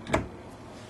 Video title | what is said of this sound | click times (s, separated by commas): 2013 Landmark Heartland Mesa at Rocky Mountain Rv. | smooth operation and they snap into place for travel | 0.1 s